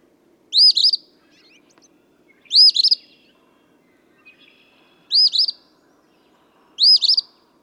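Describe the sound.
Eastern phoebe song: four brisk, burry phrases, each a quick rising then falling sweep, separated by pauses of about two seconds, with faint background bird notes.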